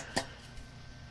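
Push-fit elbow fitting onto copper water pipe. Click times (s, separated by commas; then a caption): 0.2 s. A push-to-connect elbow fitting is pushed onto a copper water pipe. A single sharp, bright click sounds at 0.2 s over a low, steady background. The fitting seats on the pipe.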